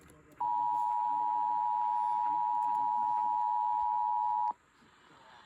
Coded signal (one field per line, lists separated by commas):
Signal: Emergency Alert System (SAME) tones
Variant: 853 and 960 Hz attention tone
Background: speech